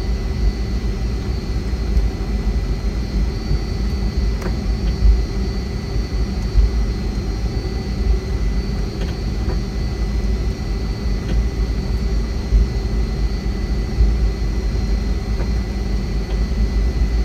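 Steady, dense jet engine roar inside a Boeing 757 cabin, heavy low rumble with a thin high whine and faint occasional clicks.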